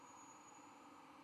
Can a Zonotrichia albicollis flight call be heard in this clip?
no